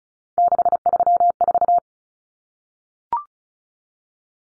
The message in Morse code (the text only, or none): 634